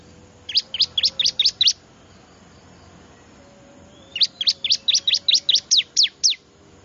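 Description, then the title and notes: Bar-winged prinia calls: a burst of several high, sharp chirps, a quiet gap, then a longer run of similar chirps. Lure call played to attract wild birds, described as most effective; local name ciblek; small noisy birds. "Suara Pikat Burcil Ribut Paling Ampuh Ngabisin Burung Liar Ini. ciblek"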